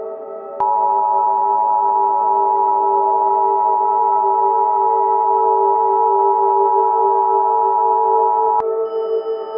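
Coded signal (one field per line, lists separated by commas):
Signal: Emergency Alert System (SAME) tones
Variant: 853 and 960 Hz attention tone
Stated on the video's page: The SAME tones are part of a fictional EAS scenario, a mock rather than a real alert.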